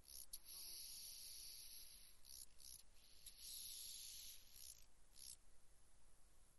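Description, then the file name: Large banded grasshopper stridulation, a faint high hissing buzz held for several seconds and broken by short gaps, ending in brief fading bursts. "Arcyptera fusca Arcyptere bariolee"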